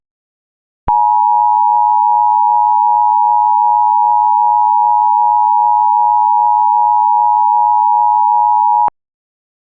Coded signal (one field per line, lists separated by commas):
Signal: Emergency Alert System (SAME) tones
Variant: 853 and 960 Hz attention tone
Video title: (EAS MOCK) Tornado Watch on TV??? 2 of them????????